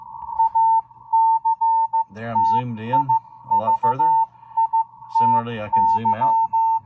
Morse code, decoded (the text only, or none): ACTIVITY